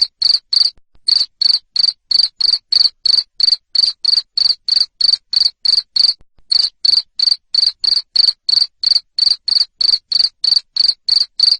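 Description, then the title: Cricket giving loud, shrill chirps at an even pace of about three per second, with two brief pauses in the run. Loud cricket chirping played to make lovebirds keep singing (ngekek). "Suara JANGKRIK NGERIK Keras Bikin LOVEBIRD Jadi NGEKEK Terus Vubey"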